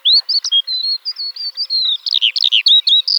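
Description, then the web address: Eurasian skylark in rapid, high warbling: short whistled slurs and chirps tumbling together, growing busier toward the end. "alauda arvensis call"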